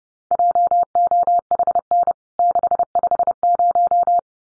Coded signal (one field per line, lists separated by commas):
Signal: Morse code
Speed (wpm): 30 wpm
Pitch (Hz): 700 Hz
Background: none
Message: JOHN 650